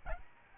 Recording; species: mosquito wingbeat signal from an infrared sensor; Aedes albopictus